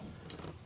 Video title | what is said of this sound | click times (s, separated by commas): Murphy Bed for MAXIMUM SPACE - 2025 Leprechaun 260MB - Class C Motorhome | And then right there, it automatically snaps back in. | 0.3 s